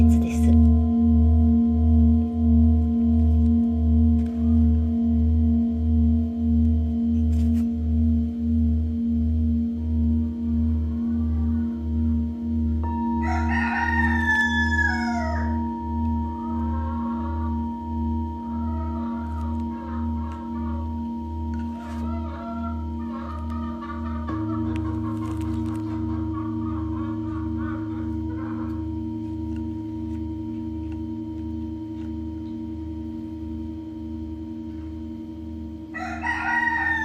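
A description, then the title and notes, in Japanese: Singing bowls ring in long, steady overlapping tones, a low hum pulsing with a slow regular waver, while a bright higher ring enters around ten seconds and a lower tone shifts near twenty-four. Birdlike clucks and squawks break through around fifteen to twenty-eight seconds and again at the end. メキシコから シンギングボウルのサウンドヒーリング ライブ。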